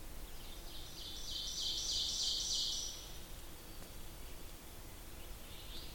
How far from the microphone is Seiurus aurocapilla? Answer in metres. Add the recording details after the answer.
about 40 m. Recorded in boreal forest in Alberta, Canada, on 8 June 2016 at 08:49. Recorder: SongMeter 3, array SBT-3-9. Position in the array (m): 166 m, 150 m. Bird 35